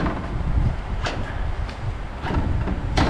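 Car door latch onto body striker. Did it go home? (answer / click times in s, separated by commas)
no / none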